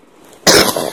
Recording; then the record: coughing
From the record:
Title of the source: 31 night wet cough